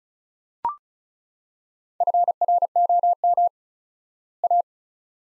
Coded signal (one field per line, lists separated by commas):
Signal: Morse code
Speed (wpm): 36 wpm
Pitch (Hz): 700 Hz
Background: none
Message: FROM A